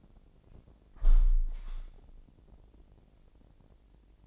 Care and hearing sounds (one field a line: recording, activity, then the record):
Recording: daily activity, microphone in the room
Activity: close window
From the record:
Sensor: 5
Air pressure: 1012.4 hPa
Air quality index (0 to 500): 162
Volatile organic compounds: 2 ppm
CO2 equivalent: 1098 ppm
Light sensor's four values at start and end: 67/161/66/69 and 67/162/66/69